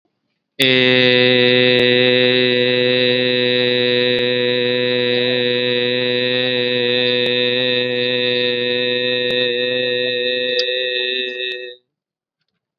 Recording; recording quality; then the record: sustained vowel as in made; excellent, no background noise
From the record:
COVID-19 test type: RT-PCR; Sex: male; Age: 18 years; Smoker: yes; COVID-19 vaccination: both doses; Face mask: worn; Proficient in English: yes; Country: India